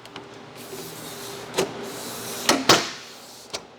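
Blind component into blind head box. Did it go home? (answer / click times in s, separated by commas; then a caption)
yes / 2.7 s. A slid-in component of a Warema blind is pushed up to the top of the blind head box and pressed in until it snaps into place. Over a low handling rustle, a quick tap at 2.5 s is followed by a louder, sharper snap at 2.7 s, with lighter knocks around 1.6 s and 3.5 s. The part seats with the snap at 2.7 s.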